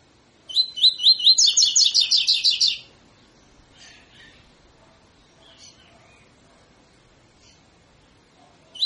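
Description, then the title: Double-collared seedeater song, rising whistles running into a fast, loud trill, then faint soft notes and the start of another phrase at the end. Tutor song used to train birds; 'tui tui fibra' song style. "COLEIRO TUI TUI FIBRA CANTO PROFESSOR"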